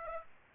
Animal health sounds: mosquito wingbeat signal from an infrared sensor; Aedes aegypti

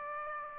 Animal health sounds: mosquito wingbeat signal from an infrared sensor; Aedes aegypti

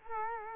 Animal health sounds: mosquito wingbeat signal from an infrared sensor; Culex quinquefasciatus

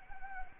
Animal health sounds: mosquito wingbeat signal from an infrared sensor; Anopheles gambiae

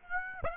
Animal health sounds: mosquito wingbeat signal from an infrared sensor; Aedes aegypti

